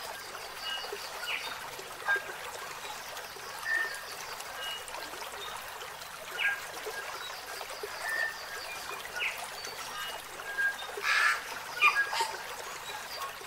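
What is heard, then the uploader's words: Birds call in the morning, with short chirps and whistles popping up every second or two, a small cluster around eleven to twelve seconds. Beneath them runs a steady, soft hiss, like trickling water, with almost nothing in the low end. Bird sound in the morning (Suara burung di pagi hari).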